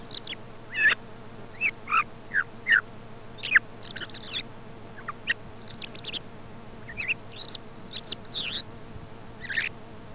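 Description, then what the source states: Thrush singing a run of sharp chirped notes, first fairly evenly spaced, then scattered squeaky notes, with a persistent low hum beneath. Commercial lure recording sold by a Càlig company for parany bird trapping.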